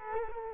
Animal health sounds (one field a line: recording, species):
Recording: mosquito wingbeat signal from an infrared sensor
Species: Culex quinquefasciatus